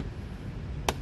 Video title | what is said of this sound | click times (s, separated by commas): Review Side Cases SHAD SH36 on ADV-350 | นี่ฮะฝาอันนี้เขล็อคะเรียบร้อยนะครับวิธีการล็อคก็ง่ายดายนะครับแค่ | 0.9 s